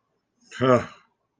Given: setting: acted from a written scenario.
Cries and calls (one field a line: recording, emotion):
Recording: vocal sound without words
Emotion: shame